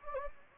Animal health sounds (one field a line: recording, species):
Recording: mosquito wingbeat signal from an infrared sensor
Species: Anopheles gambiae